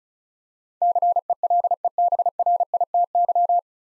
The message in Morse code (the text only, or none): CELEBRITY